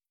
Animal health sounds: hydrophone in a shrimp aquaculture tank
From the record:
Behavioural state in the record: starved

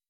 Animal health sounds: hydrophone in a shrimp aquaculture tank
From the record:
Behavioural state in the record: weakened

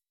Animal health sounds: hydrophone in a shrimp aquaculture tank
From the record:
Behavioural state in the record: weakened

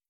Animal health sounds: hydrophone in a shrimp aquaculture tank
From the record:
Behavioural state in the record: starved

